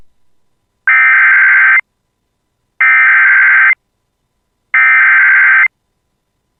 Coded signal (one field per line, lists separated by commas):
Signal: Emergency Alert System (SAME) tones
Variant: header bursts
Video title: [EAS] Severe Thunderstorm Warning For Clearwater County (Clearbrook and Gonvick) (8/14/25)